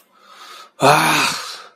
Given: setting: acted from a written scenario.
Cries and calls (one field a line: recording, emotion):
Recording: vocal sound without words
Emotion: anger